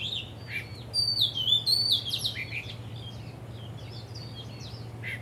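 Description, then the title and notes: Bird song: a loud whistled phrase with swooping notes, followed by softer twittering that fades out. Birds singing vigorously at Wu Kai Sha, Hong Kong, on 15 December 2006; recorded with AKG condenser microphones in XY stereo. "香港 烏溪沙 雀鳥勁唱歌 Date: 15 December 2006"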